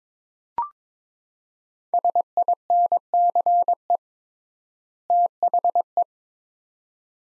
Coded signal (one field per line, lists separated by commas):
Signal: Morse code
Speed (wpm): 22 wpm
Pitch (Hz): 700 Hz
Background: none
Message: SINCE THE